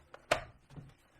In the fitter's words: lock it into place